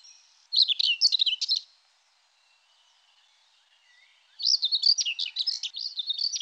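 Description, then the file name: Common whitethroat giving a quick, grating warble, then falling silent before a longer, busier scratchy phrase that carries on to the end. "Fauvette grisette"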